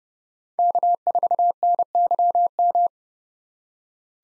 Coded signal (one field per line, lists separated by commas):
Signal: Morse code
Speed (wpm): 30 wpm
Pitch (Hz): 700 Hz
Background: none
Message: K4NYM